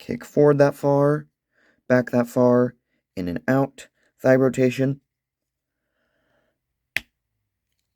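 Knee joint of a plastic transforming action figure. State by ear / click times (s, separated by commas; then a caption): seated / 7.0 s. Someone talks, then the knee joint of a plastic transforming action figure (Transformers One Studio Series Megatron #30) is bent during an articulation demo. A single sharp click is heard at 7.0 s as the knee clicks into place at its detent. The knee joint seats.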